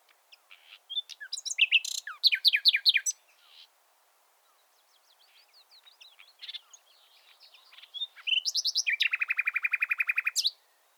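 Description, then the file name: Common nightingale song phrases: rapid varied chirps and sweeps, quieter twittering, then a long, fast, even trill of repeated notes. "Luscinia megarhynchos"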